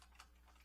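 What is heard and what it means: A plastic panel on a combiner robot toy is pressed closed onto the toy body after a failed try. Two small sharp clicks sound at 0.0 and 0.2 seconds over a quiet low hum. The panel closes and seats.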